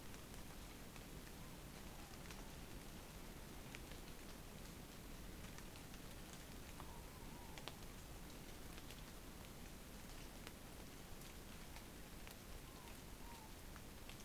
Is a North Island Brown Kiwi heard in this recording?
no